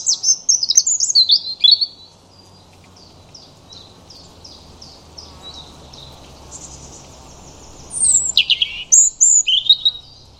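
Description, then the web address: European robin song: an opening of high warbling notes, a row of soft repeated high notes, a quiet pause, then a loud burst of varied, tumbling very high notes. "Deverinetal 2025 File origin Bird Only Er Ru"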